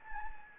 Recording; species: mosquito wingbeat signal from an infrared sensor; Anopheles gambiae